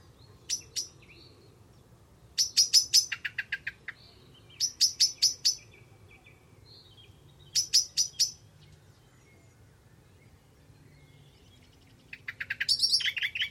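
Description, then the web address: Bird calls: bursts of sharp, high, clicking chips given in quick clusters separated by pauses, with a faint low hum beneath. "Deverinetal. Bird Only"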